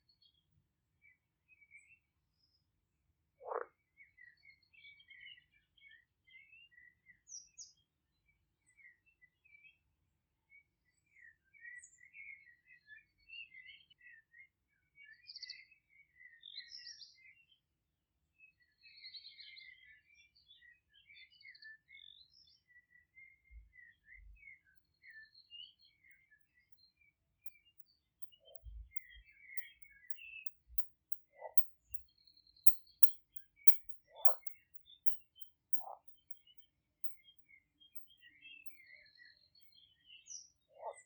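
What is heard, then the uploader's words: Birds sing continuously in a garden, a dense mix of high chirps and short trills layered throughout. Occasional brief, lower croaks stand out, at about 4 seconds and then every few seconds after 28 seconds, over a faint steady low rumble. This is relaxing music of nature from a Polish garden in the countryside. Singing birds and croaking frogs from at the polish village sound wonderful and amazing.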